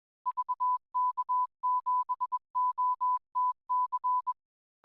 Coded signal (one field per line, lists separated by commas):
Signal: Morse code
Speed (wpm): 21 wpm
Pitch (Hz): 1000 Hz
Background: none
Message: VK7OTC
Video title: Surf Life Saving Tasmania Radio Network